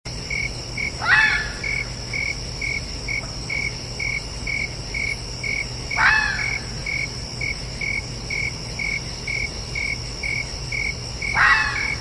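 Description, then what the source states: Red fox giving three short rasping screams about five seconds apart, with crickets chirping evenly throughout. Calling at night.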